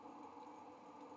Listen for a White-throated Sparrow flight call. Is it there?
no